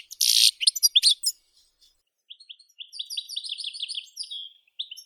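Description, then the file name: European goldfinch song opening with a harsh buzzy note and quick chirps, then a pause before a run of sweet, liquid twittering notes. "Golosa ptic - CSHegol Carduelis carduelis"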